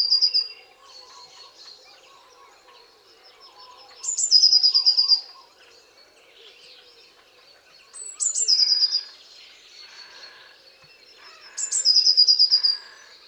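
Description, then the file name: Eurasian blue tit song: high thin notes followed by a fast trill, the phrase repeated about every four seconds. "Cyanistes caeruleus"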